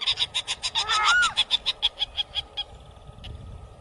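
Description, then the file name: Southern screamer calling in a fast, regular series of sharp pulses, with one lower honk mixed in early, then fading out. "canto da anhuma poca"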